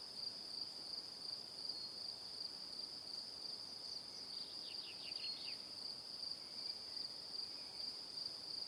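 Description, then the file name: Cricket chorus of fast, even high-pitched pulses, with a short series of downward chirps near the middle. "Calm - Evening Crickets"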